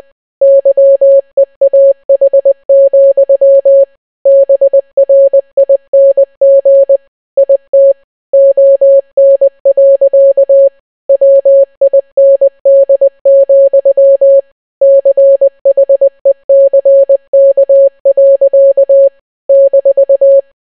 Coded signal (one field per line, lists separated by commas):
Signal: Morse code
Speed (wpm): 20 wpm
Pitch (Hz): 550 Hz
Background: none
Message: YEAH, BRING IT ON. WIND, CHECK. -